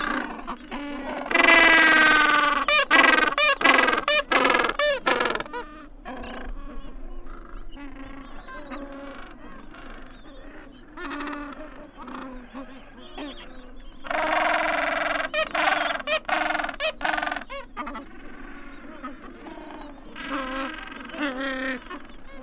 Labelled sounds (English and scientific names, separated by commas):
Gentoo Penguin (Pygoscelis papua) call